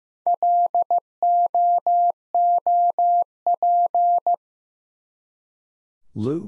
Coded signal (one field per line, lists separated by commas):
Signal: Morse code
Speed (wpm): 15 wpm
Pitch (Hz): 700 Hz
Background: none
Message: LOOP